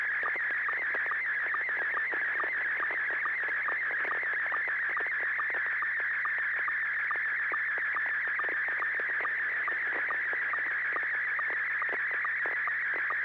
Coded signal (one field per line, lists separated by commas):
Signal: SSTV (slow-scan television)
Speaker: Image looks good. And definitely a train.